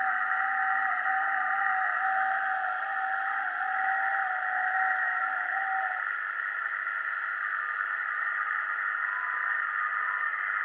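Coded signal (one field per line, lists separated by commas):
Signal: FT8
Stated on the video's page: FT8 sent using minimal hardware.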